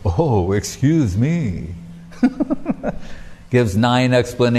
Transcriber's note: laughing